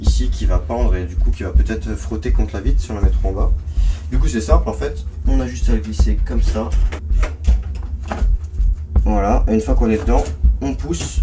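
Someone talks while a graphics card is slid into place in the PC case and lined up with the motherboard's PCIe slot. It goes in the upper slot because a hanging cable could rub against the glass panel if it sat lower. Short bracket and case contact knocks come at about 7.2, 7.8, 8.1 and 8.4 seconds, and the card has not yet been pushed home or clicked into the slot.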